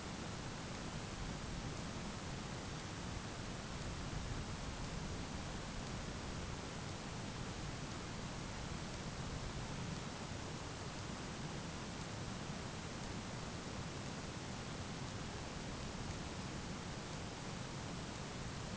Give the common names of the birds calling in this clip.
none